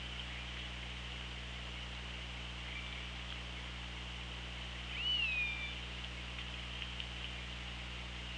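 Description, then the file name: Killer whale call: one tonal sweep that rises briefly then falls, with a faint upper harmonic, near the five-second mark, over steady underwater hiss and low hum. Recorded by an OrcaLab hydrophone on 24 August 2017 at 17:20. "Orca Lab UTLN JASON 20170824 172058"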